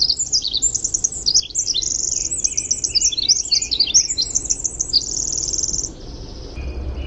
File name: WIWR song